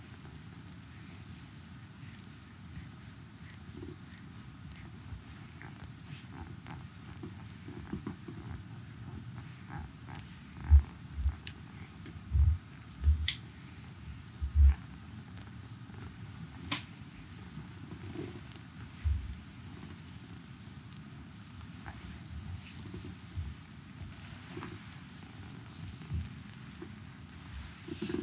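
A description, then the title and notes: A full body massage in four hands, heard as a steady soft rustle of hands rubbing and sliding over skin and cloth. Brief louder pats and thumps cluster between about 10 and 15 seconds, with more near 19 and 25. Full body massage in four hands.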